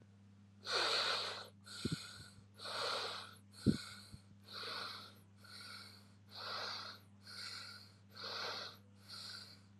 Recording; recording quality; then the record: shallow breathing; excellent, no background noise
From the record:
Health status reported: healthy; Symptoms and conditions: none ticked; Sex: male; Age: 26 years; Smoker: not ticked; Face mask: not worn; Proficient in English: yes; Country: India